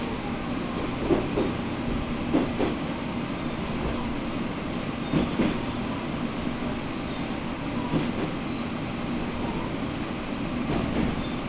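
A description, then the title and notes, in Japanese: A Matsuura Railway train runs from Matsuura toward Imari, with a steady low rumble from the carriage. Brief rhythmic clacks from the wheels surface every second or two, around 1, 2.5, 5 and 8 seconds, over the constant drone of the ride. 松浦鉄道 松浦→伊万里。松浦から伊万里は海岸線に沿ったりしながら磁器で有名な伊万里へ向かいます。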